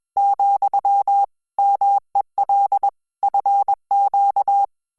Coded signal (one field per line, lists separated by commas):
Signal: Morse code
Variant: Korean alphabet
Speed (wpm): 21 wpm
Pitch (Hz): 800 Hz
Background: none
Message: , 막 내